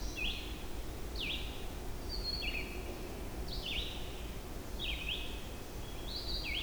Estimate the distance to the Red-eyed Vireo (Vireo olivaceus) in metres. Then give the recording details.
about 35 m. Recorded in boreal forest in Alberta, Canada, on 25 June 2016 at 08:45. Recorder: SongMeter 3, array SBT-6-76. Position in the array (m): 183 m, 87 m